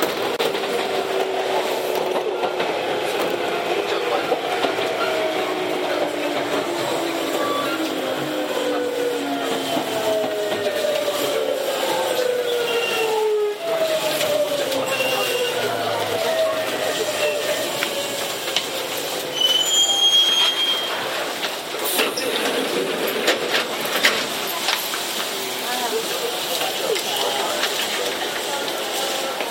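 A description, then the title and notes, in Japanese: Tokyu 7700 series train ride from Kamata to Gotanda: a steady rumble with sliding whining tones, a brief dip near 13 seconds, and clanks. 東急7700系 蒲田→五反田。東急7700系（7001F）蒲田→五反田。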